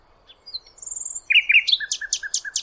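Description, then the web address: Bird song with a high drawn-out whistle, then quick sharp notes leading into several evenly spaced buzzy calls. "cianscape birddata Deverinetal 2025 File origin Bird Only Lu Me"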